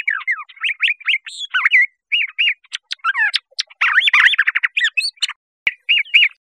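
Curve-billed thrasher song, a steady string of short slurred whistles and rougher chattering notes, some phrases repeated, with a sharp click near the end.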